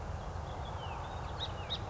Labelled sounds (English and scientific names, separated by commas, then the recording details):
Song Sparrow (Melospiza melodia)
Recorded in Sonoma County, California